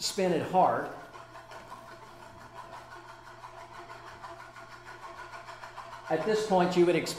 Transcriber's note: prolonged spinning